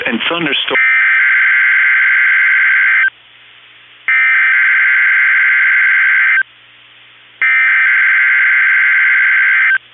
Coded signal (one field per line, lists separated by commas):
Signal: Emergency Alert System (SAME) tones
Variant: header bursts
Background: speech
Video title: (EAS) Required Weekly Test (KEC65 Minneapolis/Saint Paul)